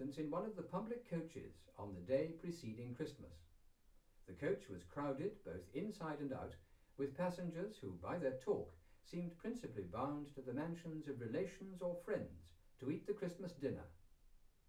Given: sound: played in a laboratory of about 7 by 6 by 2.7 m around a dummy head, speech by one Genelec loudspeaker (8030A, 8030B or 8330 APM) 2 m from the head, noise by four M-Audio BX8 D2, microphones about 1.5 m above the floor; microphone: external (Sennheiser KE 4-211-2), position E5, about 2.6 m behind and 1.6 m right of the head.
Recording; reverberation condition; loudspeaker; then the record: male speech in English; low; 30 degrees to the left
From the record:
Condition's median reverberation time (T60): about 310 ms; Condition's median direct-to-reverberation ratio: about 3.5 dB